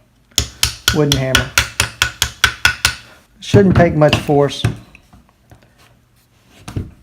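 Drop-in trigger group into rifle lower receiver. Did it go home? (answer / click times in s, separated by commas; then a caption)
yes / 6.7 s. A LaRue MBT drop-in trigger group is installed in a rifle lower receiver: its pins are tapped through with a wooden hammer in a series of sharp, evenly spaced strikes from about 0.4 to 2.9 s. Someone talks, then the trigger assembly is pressed down into the receiver pocket and snaps into place at 6.7 s, fully seated.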